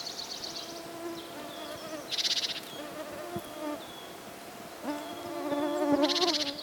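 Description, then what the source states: Mosquito wing whine, a droning hum that comes and goes, with short bursts of high buzzy trills over it. Recorded in a forest.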